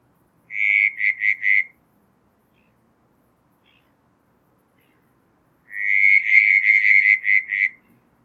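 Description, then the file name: Southern brown tree frog producing a short run of four pulsed creaks, then a long quiet gap before a longer repeated series of rapid notes. "Litoria ewingii"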